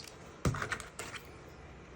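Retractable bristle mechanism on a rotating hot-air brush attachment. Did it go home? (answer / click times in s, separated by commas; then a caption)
no / none. A Geepas 2-in-1 hair dryer and rotating brush: the retractable plastic bristle mechanism on the rotating hot-air brush attachment is handled after its bristles have been pulled open. A cluster of short sharp clicks and taps comes at about 0.5–0.7 s, and a fainter tap at about 1.0 s. The mechanism has not locked or seated yet.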